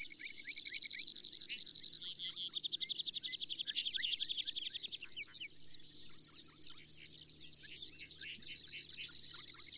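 Brewer's sparrow song: a long run of high, dry trills and buzzy phrases that shift in speed and pitch, over a faint low hum.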